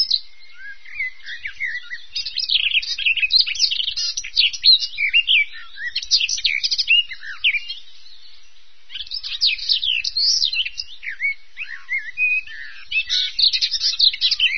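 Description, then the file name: Bird singing in lively high-pitched twittering phrases of chirps and slurred notes, broken by a brief pause near the eighth second before the chatter resumes. "vogel"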